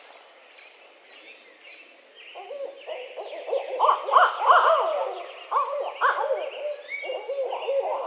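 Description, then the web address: Barred owl calls, a wild chorus of loud cackling, sliding and hooting notes building after two seconds, with high thin chirps of small birds at the start. Recorded on 1 April 2011. "Barred Owl 2011 04 01"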